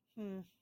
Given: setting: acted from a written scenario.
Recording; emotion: vocal sound without words; neutral